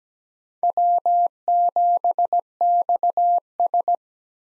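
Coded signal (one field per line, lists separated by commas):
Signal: Morse code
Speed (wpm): 17 wpm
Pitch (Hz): 700 Hz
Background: none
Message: W7XS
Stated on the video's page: Call sign head-copy practice of US four-character call signs at 17 wpm with Farnsworth timing using 2x character spacing; each call is sent in Morse, then spoken.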